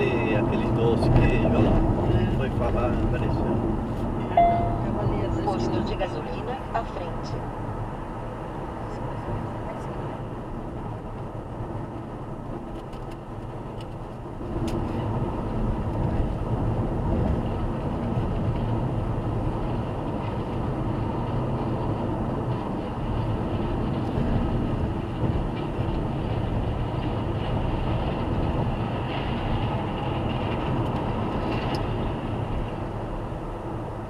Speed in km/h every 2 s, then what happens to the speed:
92, 89, 88, 86, 84, 80, 79, 79, 80, 82, 84, 77, 77, 80, 83, 86, 84.
0-12 slows to 79. 12-24 steady at about 79. 24-30 speeds up to 86.